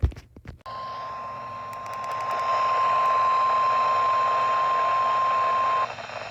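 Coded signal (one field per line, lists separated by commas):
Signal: Emergency Alert System (SAME) tones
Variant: 1050 Hz attention tone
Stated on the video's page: EAS alerts received from NOAA Weather Radio transmitters and AM/FM broadcast stations in Tennessee.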